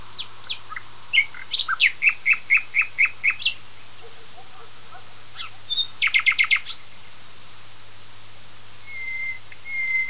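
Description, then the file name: Common nightingale song with varied chirps, a rapid run of repeated sharp notes, a brief clicking burst and a few drawn-out whistles, above a constant humming background. "usignolo"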